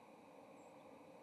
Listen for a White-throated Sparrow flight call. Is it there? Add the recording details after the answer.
yes. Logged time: 08:38 on 30 October 2014